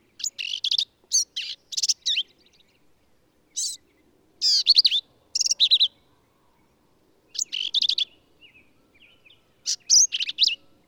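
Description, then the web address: Black-capped vireo song, harsh buzzy bursts and sharp twisting whistles given in clustered phrases with gaps of up to about two seconds. "birdsongforthecurious Black-capped Vireo"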